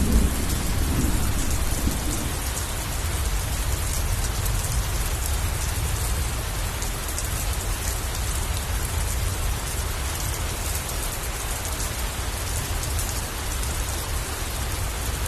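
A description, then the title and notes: Heavy rain pours in a dense, steady hiss, with a low thunder rumble strongest in the first two seconds before settling into continuous downpour. Thunder Sounds with Rain. The pitter-patter of the relaxing raindrops. Rainstorm and thunder ambience.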